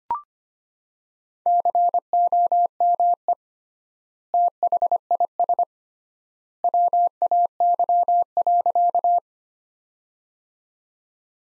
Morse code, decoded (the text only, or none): COME THIS WAY.